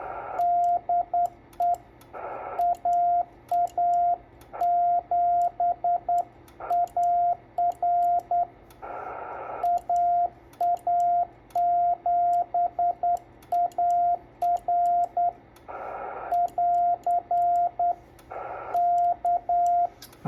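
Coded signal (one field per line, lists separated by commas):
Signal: Morse code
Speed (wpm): 10 wpm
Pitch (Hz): 700 Hz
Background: radio noise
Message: DE AA7AR AA7AR <AR> K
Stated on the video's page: Morse sent from an FT-897 with its keyer at 5 watts, a 10 WPM CQ that went unanswered.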